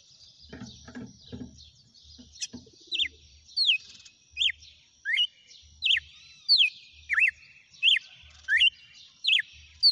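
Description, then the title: Red-cowled cardinal song: after some low thumping, crisp slurred whistles repeat steadily every 0.7 seconds or so. Female red-cowled cardinal, described as singing and 'batendo fogo'. "Canto Galo Campina Fêmea. GALO DE CAMPINA CANTANDO e BATENDO FOGO?"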